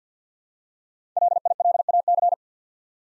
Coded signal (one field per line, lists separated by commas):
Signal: Morse code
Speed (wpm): 53 wpm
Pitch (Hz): 700 Hz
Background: none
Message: LILAC